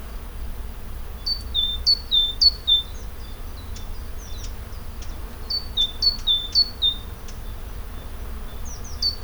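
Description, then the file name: Great tit singing high, clear two-note phrases in quick series, pausing, then repeating the pattern, with faint clicks and a constant low background hum. "Parus major"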